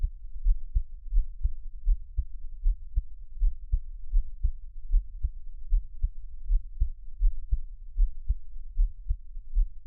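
A close-miked adult heartbeat, about 77 beats per minute and irregular, with frequent skipped beats; low-pitched thuds.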